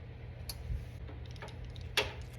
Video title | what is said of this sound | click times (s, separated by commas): Assembling a new desktop computer | and press it onto the motherboard until it clicks | 2.0 s